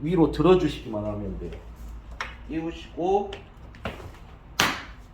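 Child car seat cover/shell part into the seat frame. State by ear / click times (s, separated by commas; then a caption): seated / 4.6 s. While reassembling a Soonsung Daily child car seat, someone talks as a cover/shell part is hooked into a hole first and then lifted upward into the seat frame. A few softer taps come before a sharp click at 4.6 s, and the part is seated in place.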